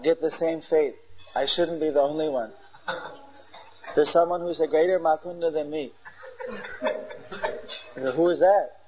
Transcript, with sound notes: given the same fate, I should not be the only one, there is someone who is a greater makunda than me.” (laughter) The Kings said, “Who is that?”